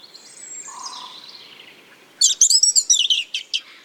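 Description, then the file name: European robin song phrase: a faint thin descending whistle, then a loud burst of high, rapid, jumbled twittering notes near the end. "Erithacus rubecula"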